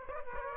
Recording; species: mosquito wingbeat signal from an infrared sensor; Aedes aegypti